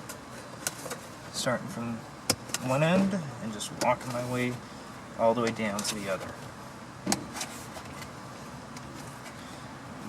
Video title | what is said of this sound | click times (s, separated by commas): 1982-1992 Firebird Trans Am T-Top Weather Strip Installation | can actually see it pop in place and you can hear it snap in place at the same time | 7.1 s